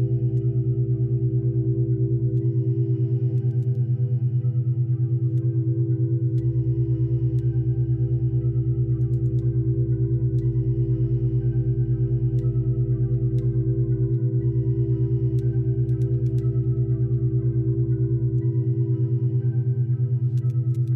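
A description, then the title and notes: Binaural beats: a steady, dense low drone with a pulsing, wavering tone that stays constant throughout. A deep bass layer underneath shifts between levels in blocks every few seconds, around 2, 6, 10, 14 and 18 seconds, while faint bright flickers drift above. Binaural Beats.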